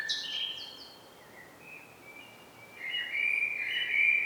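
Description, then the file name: Common blackbird song: whistled warbling phrases, a high squeaky twitter at the start, a quiet gap, then a louder, longer fluty phrase near the end. "Turdus merula"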